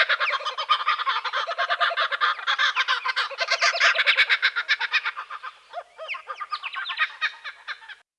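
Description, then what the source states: Laughing kookaburra giving its laugh: rapid, harsh, cackling notes in a dense rolling burst, then slowing into scattered chuckles before stopping. Garden birds of Canberra, Australia.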